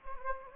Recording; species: mosquito wingbeat signal from an infrared sensor; Anopheles gambiae